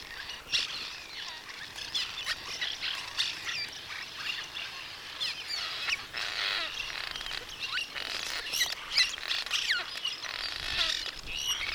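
Birds singing in a dense chorus, many overlapping high chirps, trills and squeaks running without pause for the whole stretch.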